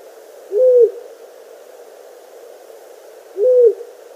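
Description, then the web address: Long-eared owl giving low, muffled hoots, two single notes spaced roughly three seconds apart, steady in pitch, with faint hiss between them. Male giving display calls. "Schulze Peter Long-eared Owl"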